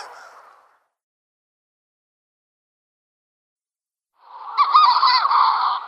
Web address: Schulze Peter Manx Shearwater